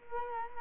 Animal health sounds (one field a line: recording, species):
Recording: mosquito wingbeat signal from an infrared sensor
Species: Culex quinquefasciatus